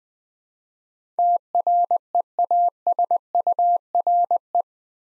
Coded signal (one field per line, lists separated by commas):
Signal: Morse code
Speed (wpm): 20 wpm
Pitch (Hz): 700 Hz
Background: none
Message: TREASURE